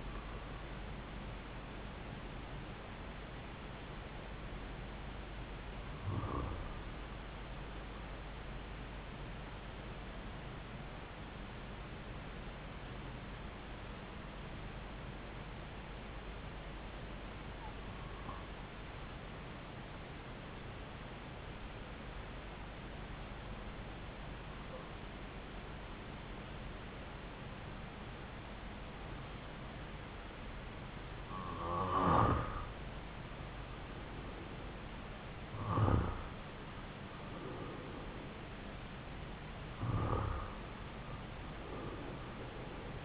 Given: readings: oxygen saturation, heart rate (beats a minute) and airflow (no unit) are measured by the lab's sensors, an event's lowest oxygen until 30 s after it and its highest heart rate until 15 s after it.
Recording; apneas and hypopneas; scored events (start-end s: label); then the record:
breathing in sleep by a voice recorder at the bedside; 1
18.00-33.80 s: hypopnea (REM, oxygen 98% highest, then 90% lowest)
From the record:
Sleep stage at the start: REM sleep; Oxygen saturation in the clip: 81 to 98%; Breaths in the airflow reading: 8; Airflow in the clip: -5.2 to 7.6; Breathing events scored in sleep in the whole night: 270 in 6.1 hours asleep